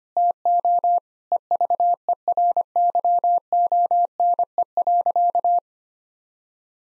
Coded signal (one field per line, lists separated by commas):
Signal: Morse code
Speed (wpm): 25 wpm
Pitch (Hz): 700 Hz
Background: none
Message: TO EVERYONE.